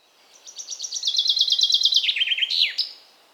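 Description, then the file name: Common chaffinch song phrase of rapid chipping notes that step lower twice before a sharp descending end flourish. "Fringilla coelebs"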